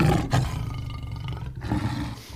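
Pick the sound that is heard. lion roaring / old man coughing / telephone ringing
lion roaring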